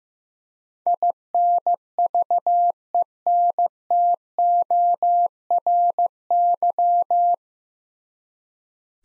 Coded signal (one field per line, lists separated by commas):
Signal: Morse code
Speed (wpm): 15 wpm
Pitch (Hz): 700 Hz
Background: none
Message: INVENTORY